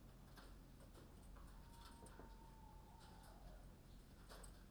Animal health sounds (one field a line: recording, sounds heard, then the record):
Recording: poultry house recording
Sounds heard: healthy chickens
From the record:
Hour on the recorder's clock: 21